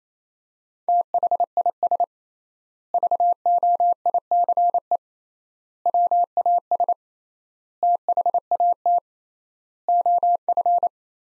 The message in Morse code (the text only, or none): THIS VOICE WAS THAT OF